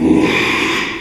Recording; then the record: squeal of a Yucatan mini pig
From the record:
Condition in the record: after surgery on the right vocal fold (resection and tissue-engineered implant); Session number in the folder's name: 1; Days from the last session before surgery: 6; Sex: male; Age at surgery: 12 weeks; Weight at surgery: 13 kg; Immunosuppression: cyclosporine, prednisolone